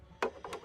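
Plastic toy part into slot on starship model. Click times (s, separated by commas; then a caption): 0.2 s. A plastic Playmobil building-set part is pushed into a small slot on the large Playmobil Enterprise starship model. It clicks into place at 0.2 s, followed by a few softer plastic knocks around 0.5 s and a final knock near 0.7 s. The part is seated.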